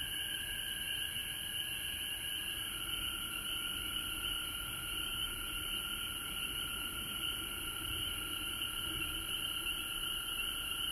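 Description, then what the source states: Frog chorus of many overlapping callers, a constant high trill over a lower steady tone that shifts slightly in pitch partway through. Frogs recorded at home in Georgia on March 19, 2020.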